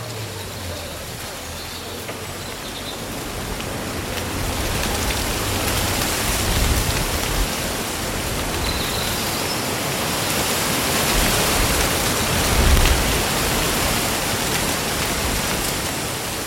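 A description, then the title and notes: Leaves rustle in a breeze as a dense, steady hiss that swells after about four seconds and stays fuller, with a couple of stronger gusts near seven and thirteen seconds. Faint bird chirps slip through early on and again near nine seconds. Breezy Summer Day Rustling Leaves and Birdsong. Rustling leaves and the melodies of local birds.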